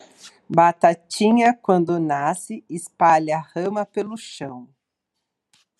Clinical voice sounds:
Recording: short text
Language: Brazilian Portuguese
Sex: female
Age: 40 to 49 years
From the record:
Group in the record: control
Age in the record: 42 years

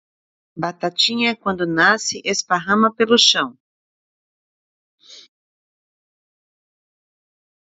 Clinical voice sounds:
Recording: short text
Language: Brazilian Portuguese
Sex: female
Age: 50 to 59 years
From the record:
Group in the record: control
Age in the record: 56 years

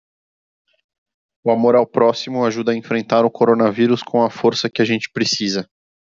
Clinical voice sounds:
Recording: spoken sentence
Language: Brazilian Portuguese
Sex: male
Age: 20 to 29 years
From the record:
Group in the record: control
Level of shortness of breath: 0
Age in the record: 28 years

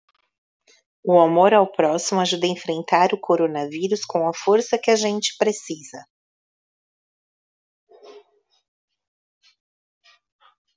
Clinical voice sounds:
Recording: spoken sentence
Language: Brazilian Portuguese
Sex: female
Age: 30 to 39 years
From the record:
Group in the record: control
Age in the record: 31 years

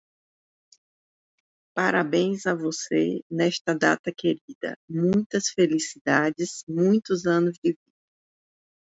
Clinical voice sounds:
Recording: short text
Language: Brazilian Portuguese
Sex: female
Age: 50 to 59 years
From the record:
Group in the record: control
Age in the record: 56 years

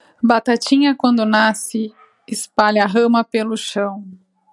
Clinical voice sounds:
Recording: short text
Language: Brazilian Portuguese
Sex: female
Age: 40 to 49 years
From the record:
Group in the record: control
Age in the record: 42 years

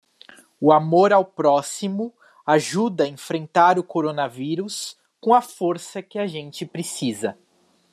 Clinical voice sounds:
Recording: spoken sentence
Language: Brazilian Portuguese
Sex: male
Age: 20 to 29 years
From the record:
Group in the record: control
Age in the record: 22 years

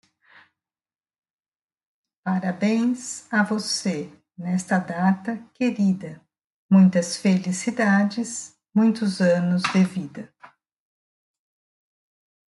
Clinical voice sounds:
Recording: short text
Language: Brazilian Portuguese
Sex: female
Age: 50 to 59 years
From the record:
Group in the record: control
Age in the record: 54 years

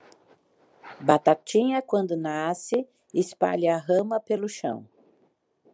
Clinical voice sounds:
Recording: short text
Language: Brazilian Portuguese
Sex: female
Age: 60 to 69 years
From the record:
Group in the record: control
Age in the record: 61 years

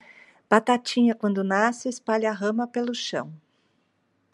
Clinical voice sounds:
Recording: short text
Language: Brazilian Portuguese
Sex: female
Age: 50 to 59 years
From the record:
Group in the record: control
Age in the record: 54 years

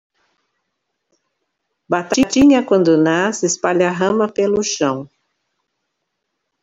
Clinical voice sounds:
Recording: short text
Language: Brazilian Portuguese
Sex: female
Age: 60 to 69 years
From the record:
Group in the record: control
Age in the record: 62 years

